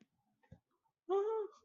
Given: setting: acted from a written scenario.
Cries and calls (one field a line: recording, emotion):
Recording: vocal sound without words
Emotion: negative surprise